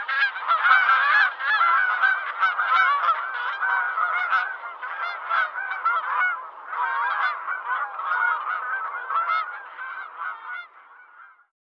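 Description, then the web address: Bird calls: a dense, overlapping chorus of nasal honks, loud at first and gradually fading toward the end. "Звуки Птицы"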